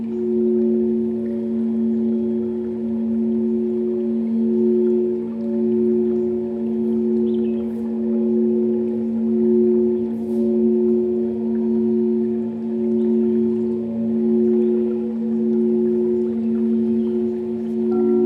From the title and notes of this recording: Chrystal Bowls I recorded upstairs in the Integratron during a sleepover. Crystal Bowls - Integratron.